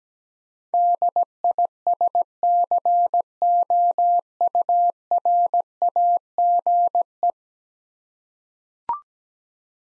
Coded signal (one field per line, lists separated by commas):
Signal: Morse code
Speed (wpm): 17 wpm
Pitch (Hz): 700 Hz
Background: none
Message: DISCOURAGE